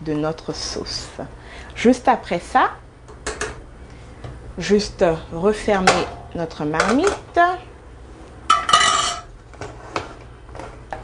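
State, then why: Seated. A metal lid is put on a cooking pot, likely a pressure cooker, and locked shut while someone talks. Clanks of pot and lid handling ring out, the loudest near 8.5 s. A final sharp, short click at 10.9 s marks the lid seating closed.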